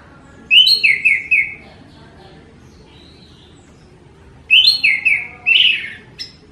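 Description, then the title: Orange-headed thrush singing short phrases of bright, falling whistles, with a long quiet gap between two rapid bursts. Thrush singing vigorously and continuously, described as 'gacor teler'. "Suara Burung Anis Merah Gacor Teler"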